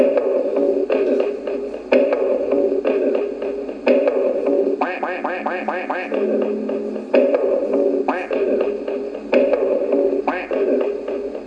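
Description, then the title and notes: Nasal duck quacks repeated irregularly, including a fast string of quacks in the middle, mixed with chopped tapping sounds. Analogue magnetic cassette recordings from 1995 to 1999, converted to mp3 in 2009; sound experiments built from fragments of radio, CDs and field recordings. "audio cassette 1995 1999. ducks. osvaldo cibils"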